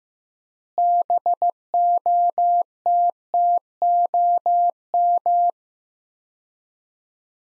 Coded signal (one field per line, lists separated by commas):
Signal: Morse code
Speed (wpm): 15 wpm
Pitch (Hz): 700 Hz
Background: none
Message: BOTTOM